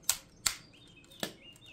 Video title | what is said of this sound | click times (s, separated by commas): DEERC D60 1080p Motorized Gimbal 👀 BEST DRONE UNDER $69 USD | Okay, it locks into place. | 0.1 s, 0.5 s